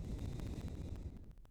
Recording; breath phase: one breath near a microphone; exhalation